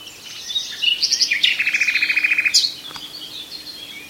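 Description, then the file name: Common nightingale song: sharp varied notes leading into a rapid run of repeated chirping notes, then a brief high flourish. "Nachtegaal"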